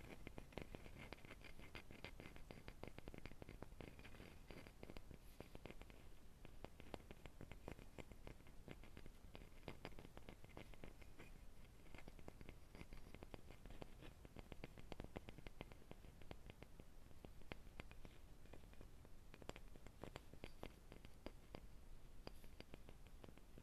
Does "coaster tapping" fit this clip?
yes